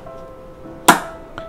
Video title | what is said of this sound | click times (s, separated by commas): Malaysian Cherry Red Centipede Care, Info, Enclosure Setup, And Feeding!! | It locks in place due to the magnets connecting. | 0.9 s